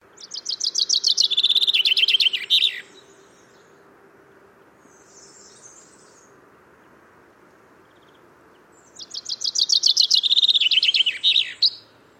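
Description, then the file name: Common chaffinch song, a bright accelerating trill that drops in pitch and ends in a short flourish, given twice about nine seconds apart with quiet between. "Fringilla coelebs"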